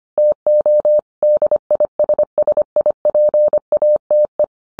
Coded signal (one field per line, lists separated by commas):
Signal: Morse code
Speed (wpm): 25 wpm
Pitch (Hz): 600 Hz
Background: none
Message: TO DISSIPATE